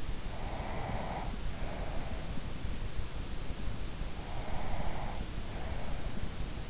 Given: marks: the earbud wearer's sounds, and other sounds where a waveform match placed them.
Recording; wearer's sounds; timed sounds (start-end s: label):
sounds in sleep by an in-ear microphone; breath
0.21-2.55 s: breath
4.12-6.45 s: breath